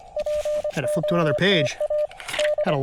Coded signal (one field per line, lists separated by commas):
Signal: Morse code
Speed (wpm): 25 wpm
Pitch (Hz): 600 Hz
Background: speech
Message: POTA D